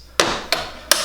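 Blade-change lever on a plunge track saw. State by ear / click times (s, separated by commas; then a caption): seated / 0.2 s, 0.9 s. On a plunge track saw, the fast-fix blade-change lever is opened and pushed down until it locks in place automatically. Three sharp, bright hits ring out at about 0.2, 0.5 and 0.9 seconds, each decaying quickly. The lever seats with clicks at 0.2 and 0.9 seconds.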